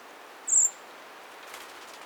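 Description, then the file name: Eurasian blackbird making one sharp, very high, thin call note amid quiet hiss. "Turdus merula"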